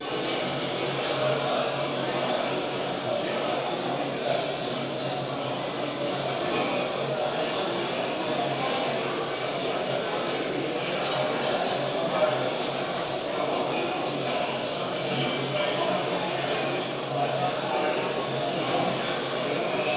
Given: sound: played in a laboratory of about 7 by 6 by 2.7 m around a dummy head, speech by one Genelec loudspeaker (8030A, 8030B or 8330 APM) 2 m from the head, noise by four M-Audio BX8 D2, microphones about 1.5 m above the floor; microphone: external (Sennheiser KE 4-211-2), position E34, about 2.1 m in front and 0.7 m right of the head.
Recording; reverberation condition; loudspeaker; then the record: cafeteria noise; high; four, about 170 cm from the corners of the room and facing them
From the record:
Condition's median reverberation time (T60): about 1300 ms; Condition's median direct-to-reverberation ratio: about -4.0 dB